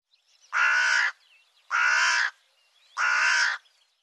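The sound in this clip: Bird calls: three harsh, buzzy caws, each about half a second long, repeated roughly every 1.2 seconds with quiet gaps between.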